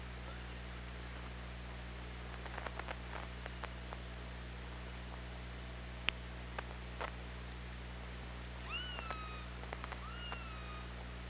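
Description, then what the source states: Killer whale calls underwater, two rising-then-falling harmonic cries late, preceded by scattered sharp clicks over a steady low hum. Recorded on OrcaLab hydrophone, 24 August 2017, 18:03:36.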